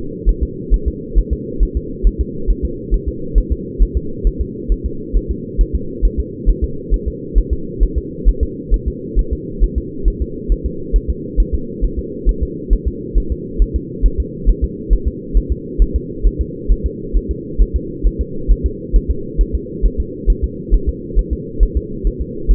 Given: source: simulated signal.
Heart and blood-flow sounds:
fetal heart sounds
0.29 s: S1
0.43 s: S2
0.74 s: S1
0.88 s: S2
1.19 s: S1
1.33 s: S2
1.63 s: S1
1.77 s: S2
2.07 s: S1
2.21 s: S2
2.50 s: S1
2.65 s: S2
2.94 s: S1
3.08 s: S2
3.38 s: S1
3.52 s: S2
3.82 s: S1
3.97 s: S2
4.27 s: S1
4.41 s: S2
4.72 s: S1
4.86 s: S2
5.17 s: S1
5.31 s: S2
5.61 s: S1
5.75 s: S2
6.05 s: S1
6.20 s: S2
6.49 s: S1
6.64 s: S2
6.94 s: S1
7.08 s: S2
7.38 s: S1
7.53 s: S2
7.83 s: S1
7.98 s: S2
8.29 s: S1
8.43 s: S2
8.74 s: S1
8.88 s: S2
9.19 s: S1
9.33 s: S2
9.63 s: S1
9.78 s: S2
10.08 s: S1
10.22 s: S2
10.52 s: S1
10.66 s: S2
10.96 s: S1
11.10 s: S2
11.40 s: S1
11.54 s: S2
11.84 s: S1
11.99 s: S2
12.29 s: S1
12.43 s: S2
12.73 s: S1
12.88 s: S2
13.18 s: S1
13.32 s: S2
13.62 s: S1
13.76 s: S2
14.06 s: S1
14.20 s: S2
14.49 s: S1
14.64 s: S2
14.93 s: S1
15.08 s: S2
15.37 s: S1
15.52 s: S2
15.82 s: S1
15.96 s: S2
16.27 s: S1
16.41 s: S2
16.72 s: S1
16.86 s: S2
17.16 s: S1
17.31 s: S2
17.62 s: S1
17.76 s: S2
18.06 s: S1
18.21 s: S2
18.51 s: S1
18.66 s: S2
18.96 s: S1
19.11 s: S2
19.41 s: S1
19.55 s: S2
19.85 s: S1
20.00 s: S2
20.30 s: S1
20.44 s: S2
20.74 s: S1
20.89 s: S2
21.19 s: S1
21.33 s: S2
21.63 s: S1
21.77 s: S2
22.07 s: S1
22.22 s: S2
22.51 s: S1
From the record:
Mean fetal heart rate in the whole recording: 135 bpm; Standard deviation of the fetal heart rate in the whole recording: 3 bpm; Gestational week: 36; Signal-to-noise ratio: -4.3 dB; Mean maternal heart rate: 72 bpm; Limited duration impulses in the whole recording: absent

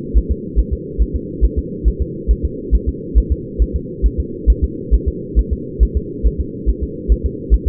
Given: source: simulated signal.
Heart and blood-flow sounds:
fetal heart sounds
0.17 s: S1
0.31 s: S2
0.59 s: S1
0.73 s: S2
1.02 s: S1
1.16 s: S2
1.45 s: S1
1.59 s: S2
1.88 s: S1
2.02 s: S2
2.31 s: S1
2.45 s: S2
2.75 s: S1
2.89 s: S2
3.18 s: S1
3.32 s: S2
3.62 s: S1
3.76 s: S2
4.06 s: S1
4.20 s: S2
4.50 s: S1
4.64 s: S2
4.94 s: S1
5.08 s: S2
5.39 s: S1
5.53 s: S2
5.83 s: S1
5.97 s: S2
6.27 s: S1
6.41 s: S2
6.70 s: S1
6.84 s: S2
7.12 s: S1
7.26 s: S2
7.54 s: S1
7.68 s: S2
From the record:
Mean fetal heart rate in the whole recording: 140 bpm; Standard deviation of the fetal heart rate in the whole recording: 2 bpm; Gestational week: 34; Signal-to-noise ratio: -4.1 dB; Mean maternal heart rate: no maternal heart sound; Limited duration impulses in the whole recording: absent

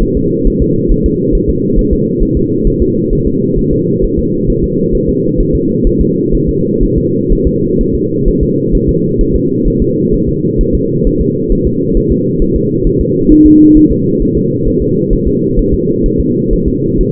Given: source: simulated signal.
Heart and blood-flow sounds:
fetal heart sounds
0.02 s: S1
0.17 s: S2
0.47 s: S1
0.62 s: S2
0.92 s: S1
1.06 s: S2
1.35 s: S1
1.49 s: S2
1.79 s: S1
1.93 s: S2
2.23 s: S1
2.37 s: S2
2.67 s: S1
2.82 s: S2
3.13 s: S1
3.27 s: S2
3.59 s: S1
3.73 s: S2
4.04 s: S1
4.19 s: S2
4.50 s: S1
4.64 s: S2
4.95 s: S1
5.09 s: S2
5.40 s: S1
5.55 s: S2
5.87 s: S1
6.01 s: S2
6.35 s: S1
6.49 s: S2
6.83 s: S1
6.98 s: S2
7.32 s: S1
7.47 s: S2
7.81 s: S1
7.95 s: S2
8.28 s: S1
8.43 s: S2
8.75 s: S1
8.89 s: S2
9.21 s: S1
9.36 s: S2
9.68 s: S1
9.82 s: S2
10.14 s: S1
10.29 s: S2
10.61 s: S1
10.75 s: S2
11.07 s: S1
11.21 s: S2
11.52 s: S1
11.67 s: S2
11.97 s: S1
12.12 s: S2
12.42 s: S1
12.56 s: S2
12.87 s: S1
13.01 s: S2
13.32 s: S1
13.46 s: S2
13.77 s: S1
13.92 s: S2
14.22 s: S1
14.37 s: S2
14.68 s: S1
14.82 s: S2
15.13 s: S1
15.27 s: S2
15.59 s: S1
15.74 s: S2
16.06 s: S1
16.20 s: S2
16.53 s: S1
16.68 s: S2
17.01 s: S1
From the record:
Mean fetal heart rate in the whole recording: 130 bpm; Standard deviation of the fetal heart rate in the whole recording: 4 bpm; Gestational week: 38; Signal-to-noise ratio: -11.2 dB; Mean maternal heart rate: 72 bpm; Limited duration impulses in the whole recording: present

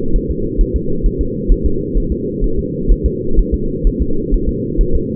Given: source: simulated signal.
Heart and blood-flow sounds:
fetal heart sounds
0.16 s: S1
0.31 s: S2
0.61 s: S1
0.76 s: S2
1.06 s: S1
1.21 s: S2
1.52 s: S1
1.66 s: S2
1.97 s: S1
2.12 s: S2
2.44 s: S1
2.59 s: S2
2.92 s: S1
3.06 s: S2
3.39 s: S1
3.54 s: S2
3.87 s: S1
4.02 s: S2
4.34 s: S1
4.49 s: S2
4.81 s: S1
4.96 s: S2
From the record:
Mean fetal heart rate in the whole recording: 130 bpm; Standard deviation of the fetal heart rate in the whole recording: 4 bpm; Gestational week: 38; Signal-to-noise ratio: -8.1 dB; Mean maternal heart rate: 72 bpm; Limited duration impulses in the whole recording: absent

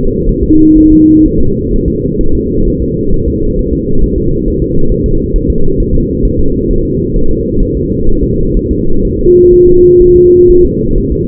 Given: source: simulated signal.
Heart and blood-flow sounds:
fetal heart sounds
0.29 s: S1
0.43 s: S2
0.78 s: S1
0.92 s: S2
1.26 s: S1
1.40 s: S2
1.74 s: S1
1.88 s: S2
2.21 s: S1
2.35 s: S2
2.68 s: S1
2.82 s: S2
3.14 s: S1
3.28 s: S2
3.59 s: S1
3.73 s: S2
4.04 s: S1
4.18 s: S2
4.48 s: S1
4.62 s: S2
4.92 s: S1
5.06 s: S2
5.36 s: S1
5.50 s: S2
5.80 s: S1
5.94 s: S2
6.25 s: S1
6.39 s: S2
6.71 s: S1
6.85 s: S2
7.16 s: S1
7.31 s: S2
7.63 s: S1
7.77 s: S2
8.09 s: S1
8.24 s: S2
8.57 s: S1
8.71 s: S2
9.05 s: S1
9.19 s: S2
9.53 s: S1
9.68 s: S2
10.02 s: S1
10.16 s: S2
10.50 s: S1
10.65 s: S2
10.98 s: S1
11.12 s: S2
From the record:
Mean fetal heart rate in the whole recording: 130 bpm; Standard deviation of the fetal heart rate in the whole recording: 4 bpm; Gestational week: 38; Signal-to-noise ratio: -19.1 dB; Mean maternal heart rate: 72 bpm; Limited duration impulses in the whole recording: present

